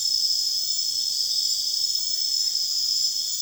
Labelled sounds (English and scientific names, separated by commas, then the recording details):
none
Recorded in secondary vegetation near Puerto Asís, Putumayo, Colombia, on 29 June 2025 at 22:30
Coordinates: 0.485, -76.322
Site GP06